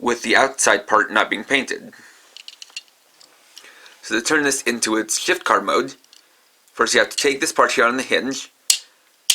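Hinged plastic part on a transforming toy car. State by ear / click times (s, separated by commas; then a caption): seated / 8.7 s, 9.3 s. Someone talks while the plastic hinged part on a DX Shift DeadHeat transforming toy car (Kamen Rider Drive) is rotated through two detent positions to turn it into its Shift Car Mode. Faint light taps come at about 2.4–3.6 s, then two loud, sharp clicks are heard at 8.7 s and 9.3 s as the hinge ratchets and seats in each position.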